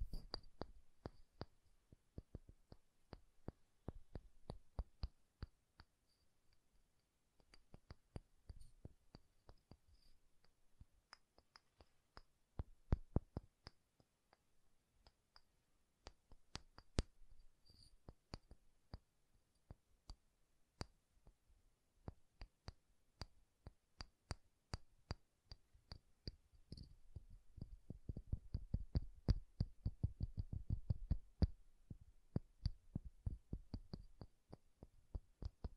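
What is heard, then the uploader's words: Soft tapping with a bassy thump, made of short, sharp strikes that come irregularly, sometimes in quick flurries and sometimes with brief pauses. Around the 27 to 33 second mark the taps turn into a dense, rapid run with a fuller low end. ASMR Bassy and Soft Tapping Sounds. No Talking.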